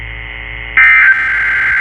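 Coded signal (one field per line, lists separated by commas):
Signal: Emergency Alert System (SAME) tones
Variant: end-of-message bursts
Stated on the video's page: Weekly test alert tones heard on a live stream.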